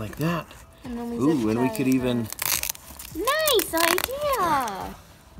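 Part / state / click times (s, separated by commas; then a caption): LED light controller or receiver into its mount on the surrey / not seated / none. While LED canopy lights are being wired on a surrey, a small part, either the LED light controller or its remote receiver, is handled near its mount, with light crinkling and rustling as people talk. Nothing has seated or clicked into place yet when the clip ends.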